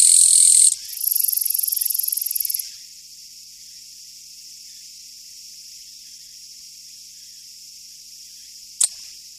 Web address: sikioto insect kirigirisu